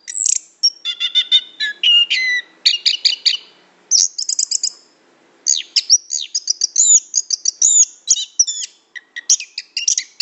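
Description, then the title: Lovebird chatter, dense bursts of shrill chirps and squeaky trills, broken by brief silences, then a long varied run of twittering notes. Lure call (pikat) used to attract lovebirds. "PIKAT BURUNG LOVEBIRD"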